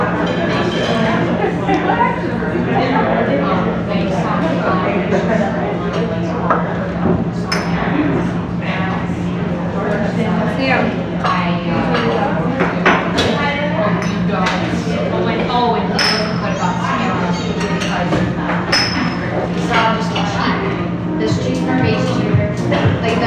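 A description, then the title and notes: A bustling cafe with a constant bed of overlapping voices, steady and dense from start to finish. A low hum runs underneath, and frequent short clinks and taps of cups and dishes break through, with footsteps and shuffling as customers move about. Bustling cafe. The rustling of customers shuffling in and out.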